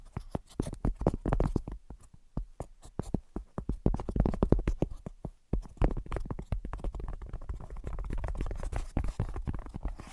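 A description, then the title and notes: Tapping of fingers or nails on a surface runs throughout, in quick irregular bursts with dense clusters and brief pauses. The taps are soft and thuddy with a low body and some brighter clicks, a little louder around the middle, with faint rustling beneath. ASMR Brain Penetrating 3D Tapping (No Talking).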